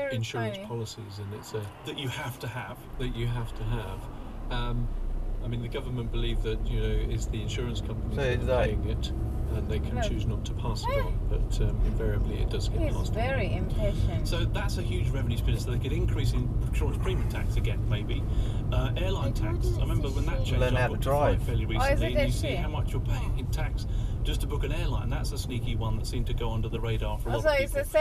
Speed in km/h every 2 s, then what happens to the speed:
8, 5, 3, 8, 13, 19, 21, 24, 26, 26, 26, 23, 21, 15.
4-15 speeds up to 26. 15-20 steady at about 26. 20-28 slows to 15.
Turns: none.